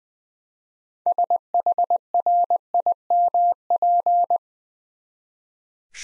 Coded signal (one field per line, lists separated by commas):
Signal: Morse code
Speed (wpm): 21 wpm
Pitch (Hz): 700 Hz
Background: none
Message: SHRIMP